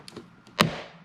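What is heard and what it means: A plastic interior door handle cover on a BMW E9X, which had a gap and had not clicked in, is pressed by hand onto the door handle. A few faint ticks come first, then a loud, sharp snap at 0.6 s as the cover seats fully without needing the tool.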